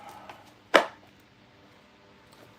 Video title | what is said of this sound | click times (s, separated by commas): Custom mandolorian update | Locks into place. | 0.8 s